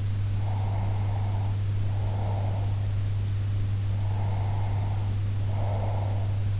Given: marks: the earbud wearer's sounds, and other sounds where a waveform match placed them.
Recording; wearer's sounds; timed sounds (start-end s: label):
sounds in sleep by an in-ear microphone; breath
0.44-2.78 s: breath
3.98-6.35 s: breath